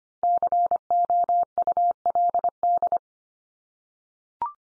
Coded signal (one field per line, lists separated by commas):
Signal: Morse code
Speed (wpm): 25 wpm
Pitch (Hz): 700 Hz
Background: none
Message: COULD